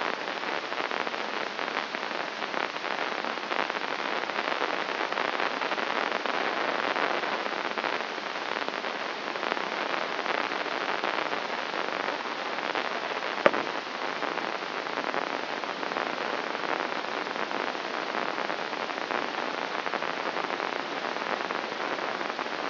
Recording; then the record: brain microelectrode recording played as sound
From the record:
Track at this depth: inside the subthalamic nucleus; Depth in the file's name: 4.03 mm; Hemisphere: left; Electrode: 3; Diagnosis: Parkinson's disease